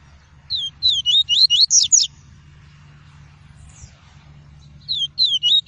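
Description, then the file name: Double-collared seedeater song: a long phrase of rapid, looping high whistled notes, then a second phrase beginning at the end, over a low hum. "Tui-tui" song variety. "canto do papa capim tui tui"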